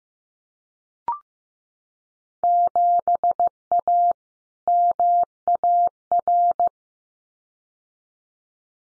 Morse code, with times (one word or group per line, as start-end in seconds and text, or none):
2.4-4.1 7A
4.7-6.7 MAR